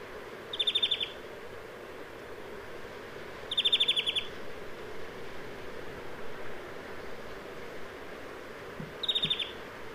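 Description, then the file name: European greenfinch giving three brief rapid chattering trills, the second longer, separated by quiet gaps over faint steady background noise. "Chloris chloris"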